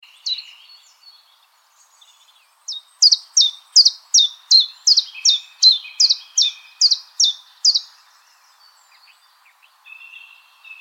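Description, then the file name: Common chiffchaff song: a run of many sharp, downward-slurred notes, about two or three per second, with soft lower chattering before and after. "Golosa ptic - Penochka-tenkovka Phylloscopus collybita"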